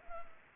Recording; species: mosquito wingbeat signal from an infrared sensor; Culex pipiens